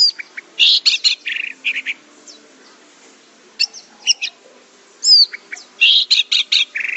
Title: Anis Merah